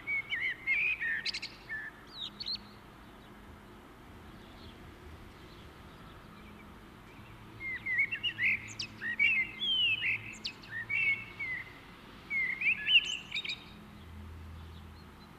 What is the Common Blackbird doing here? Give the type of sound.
song